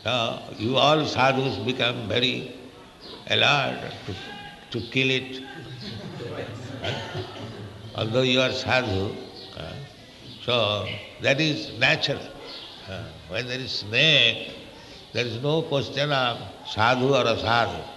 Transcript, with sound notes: So you all sādhus became very alert to kill it, [laughter] although you are sādhu. So that is natural. When there is snake, there is no question of sādhu or asādhu.